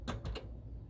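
A gas hose quick-connect is pushed harder onto the gas inlet of a Joolca Hottap Nomad portable water heater until it seats. Short broadband scraping bursts of the fitting are heard over a low steady hum, ending in a sharp click at 0.4 s as the connector seats firmly.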